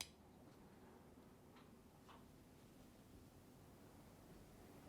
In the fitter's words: which is nice and again locks into place really positively close that down